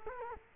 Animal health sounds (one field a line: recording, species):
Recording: mosquito wingbeat signal from an infrared sensor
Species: Culex quinquefasciatus